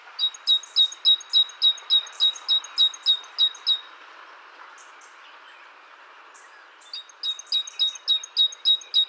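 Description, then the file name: Great tit singing a fast, regular series of sharp two-part notes, about three per second, pausing for about three seconds before another run; soft steady background hiss. "Parus major"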